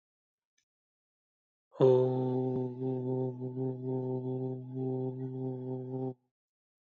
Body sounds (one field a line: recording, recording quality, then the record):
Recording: sustained vowel as in boot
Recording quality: excellent, no background noise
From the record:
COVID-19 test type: RT-PCR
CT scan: not taken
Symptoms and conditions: cough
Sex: male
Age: 31 years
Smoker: no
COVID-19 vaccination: both doses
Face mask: not worn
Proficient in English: yes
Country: India